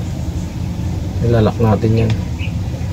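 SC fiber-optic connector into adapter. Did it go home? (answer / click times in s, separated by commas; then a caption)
no / none. A plastic SC fiber-optic connector is handled at its adapter while someone talks over a steady low background rumble. Nothing has seated or clicked yet; the connector is not yet home in the adapter.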